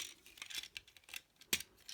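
A plastic armor panel on the leg of a Transformers Generations Selects Takara Tomy Star Convoy toy robot is pushed again after earlier failing to click into place. Faint plastic ticks and handling sounds come first, then a sharp, bright click at 1.5 s as the panel seats home.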